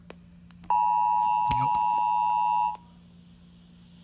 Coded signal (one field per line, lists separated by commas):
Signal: Emergency Alert System (SAME) tones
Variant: 853 and 960 Hz attention tone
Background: speech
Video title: EAS Severe Thunderstrorm Warning WQXA-FM 105.7TheX EAS#61